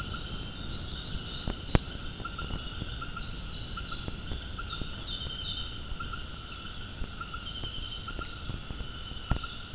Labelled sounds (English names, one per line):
none